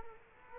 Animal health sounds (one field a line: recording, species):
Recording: mosquito wingbeat signal from an infrared sensor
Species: Culex quinquefasciatus